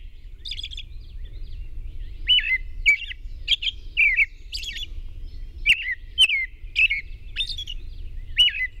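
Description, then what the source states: Robin song: short whistled phrases that drop in pitch, with sharp clicks and higher thin twitters between them, over a steady low rumble. At dawn on 21 June 2001.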